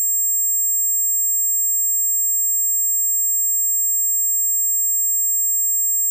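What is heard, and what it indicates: A steady, piercing high-pitched ringing holds unchanged for about six seconds, with several close high tones layered together and nothing in the low range. It is a loopable sound effect that simulates tinnitus, the ringing in the ears a person hears with no outside source.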